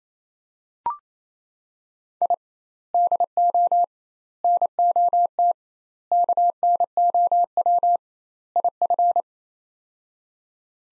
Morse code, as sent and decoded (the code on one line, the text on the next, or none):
.. / -.. --- / -. --- - / -.- -. --- .-- / .. ..-.
I DO NOT KNOW IF